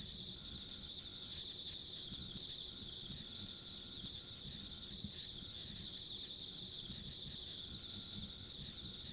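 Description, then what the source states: High insect trilling runs without pause, many callers merging, with a few faint mid-pitched tones and low rumble beneath. Ambient insect sounds recorded along a country road.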